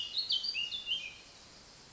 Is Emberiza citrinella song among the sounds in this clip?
no